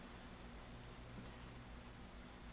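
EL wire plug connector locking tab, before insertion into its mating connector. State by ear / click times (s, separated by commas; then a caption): not seated / none. Someone lifts the small locking tab on an EL wire plug connector with a fingernail to steepen its angle before sliding it back into its mating connector, under a steady broadband hiss with low hum. No click is heard, and the connector has not yet seated.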